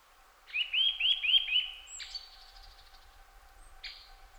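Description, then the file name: Eurasian nuthatch giving a fast run of five rising whistled notes, then a higher, sharper note and one more brief call after a pause. "Sitta europaea"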